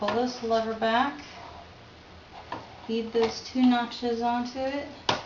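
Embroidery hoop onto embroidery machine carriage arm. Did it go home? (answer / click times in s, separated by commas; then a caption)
no / none. An embroidery hoop is being fitted onto the carriage arm of a Brother PE700II embroidery machine: a lever is pulled back and the hoop's two notches are fed onto the carriage while someone talks. A brief handling knock sounds at about 2.5 s. Nothing has seated or clicked into place yet.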